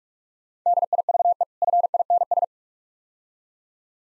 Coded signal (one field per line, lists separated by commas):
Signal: Morse code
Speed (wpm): 46 wpm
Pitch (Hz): 700 Hz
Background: none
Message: DIVE FINS